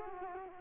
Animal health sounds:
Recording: mosquito wingbeat signal from an infrared sensor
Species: Culex quinquefasciatus

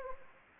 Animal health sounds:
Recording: mosquito wingbeat signal from an infrared sensor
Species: Anopheles gambiae

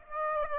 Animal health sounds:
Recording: mosquito wingbeat signal from an infrared sensor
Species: Aedes aegypti

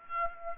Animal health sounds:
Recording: mosquito wingbeat signal from an infrared sensor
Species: Aedes aegypti

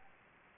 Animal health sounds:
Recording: mosquito wingbeat signal from an infrared sensor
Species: Anopheles gambiae

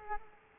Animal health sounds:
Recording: mosquito wingbeat signal from an infrared sensor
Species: Aedes aegypti

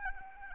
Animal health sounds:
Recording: mosquito wingbeat signal from an infrared sensor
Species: Anopheles arabiensis

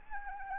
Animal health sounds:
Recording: mosquito wingbeat signal from an infrared sensor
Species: Anopheles arabiensis

